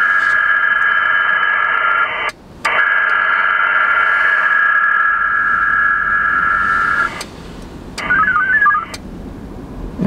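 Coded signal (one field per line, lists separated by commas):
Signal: HF data modem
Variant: VARA HF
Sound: dense buzzy multi-tone hiss in bursts, brief pauses, then short warbling acknowledgement tones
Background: radio static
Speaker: and you can also hear the radio makes one those VAR sounds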